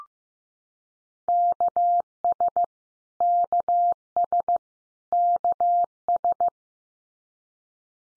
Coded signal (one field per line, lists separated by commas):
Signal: Morse code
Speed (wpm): 15 wpm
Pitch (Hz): 700 Hz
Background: none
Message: KS KS KS